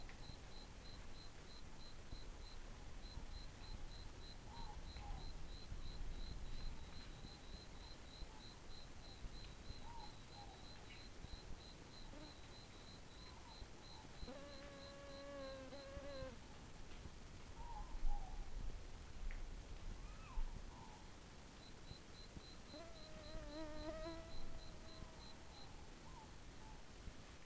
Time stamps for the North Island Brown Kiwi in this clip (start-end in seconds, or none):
none